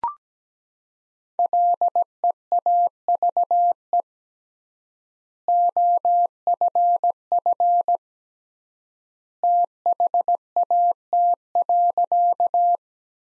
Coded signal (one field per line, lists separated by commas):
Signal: Morse code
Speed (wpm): 17 wpm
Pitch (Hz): 700 Hz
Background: none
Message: LEAVE OFF THAT.